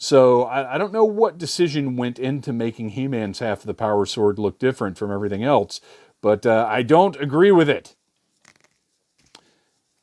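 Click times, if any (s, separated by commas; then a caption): 9.3 s. A plastic staff accessory is pressed into an action figure's hand. Someone talks for most of the clip, then a few faint handling ticks are followed by a sharp click at 9.4 s as the staff pops in and holds securely.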